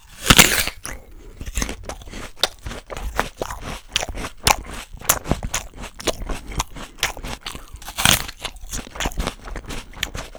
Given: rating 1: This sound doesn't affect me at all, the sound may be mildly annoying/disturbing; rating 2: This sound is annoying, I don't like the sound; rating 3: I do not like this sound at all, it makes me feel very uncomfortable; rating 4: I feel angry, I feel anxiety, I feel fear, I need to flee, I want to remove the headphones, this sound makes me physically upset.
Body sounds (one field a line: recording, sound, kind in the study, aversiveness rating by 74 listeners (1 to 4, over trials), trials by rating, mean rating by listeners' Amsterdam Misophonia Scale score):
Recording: sound for misophonia research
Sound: apple eating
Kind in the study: misophonia trigger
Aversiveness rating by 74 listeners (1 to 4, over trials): mean 2.80, standard deviation 0.99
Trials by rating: 35 rated 1, 77 rated 2, 97 rated 3, 87 rated 4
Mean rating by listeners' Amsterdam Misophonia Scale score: 2.15 (sub-clinical, 0 to 4), 2.87 (mild, 5 to 9), 3.20 (moderate, 10 to 14), 3.50 (severe or extreme, 15 or more)